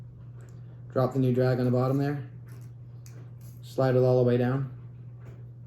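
A new carbon fiber DragMasters drag washer is being slid down onto the bottom of the drive gear of a Shimano Tekota 600 baitcasting reel while someone talks. Faint handling sounds are heard, but nothing has seated or clicked yet.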